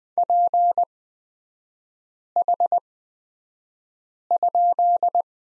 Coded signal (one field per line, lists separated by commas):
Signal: Morse code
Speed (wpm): 20 wpm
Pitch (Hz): 700 Hz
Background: none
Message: PH?